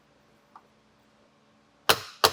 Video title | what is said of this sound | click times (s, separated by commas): etrailer - Detailed Breakdown of the Thule Motion 3 Rooftop Cargo Box | until you hear a click from the integrated torque device | 1.9 s